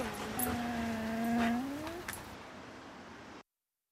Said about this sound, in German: Halt die Schnauze, Köter!